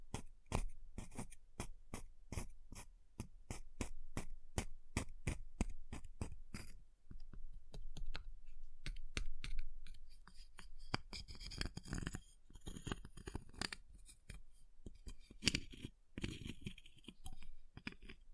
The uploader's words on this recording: ASMR Ice Tapping, Scratching, Carving Sounds (No Talking).